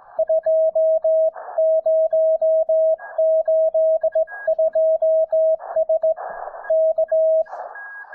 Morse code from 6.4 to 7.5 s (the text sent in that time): K